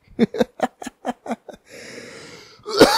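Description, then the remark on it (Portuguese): A coughing fit, a lingering cough left over from smoking: about seven short, harsh coughs in quick succession, then a long raspy, wheezing breath in, ending with one loud cough. “A única coisa que não foi embora foi a tosse. A tosse tá firme e forte.”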